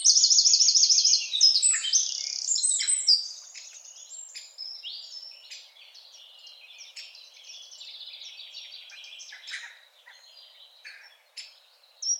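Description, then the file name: Eurasian wren singing: about three seconds of very loud, high, fast trilling, then softer scattered high notes, with one brief loud burst at the very end. "Troglodytes troglodytes"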